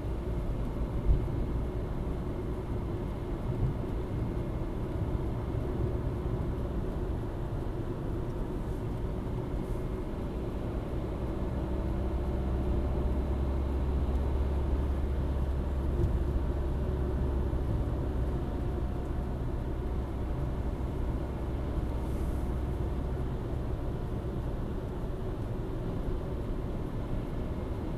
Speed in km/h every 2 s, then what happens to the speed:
64, 65, 68, 69, 67, 69, 69, 72, 69, 67, 68, 68, 67, 65.
0-13 speeds up to 72. 13-28 steady at about 68.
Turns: none.